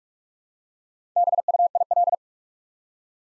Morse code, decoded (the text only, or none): BUIL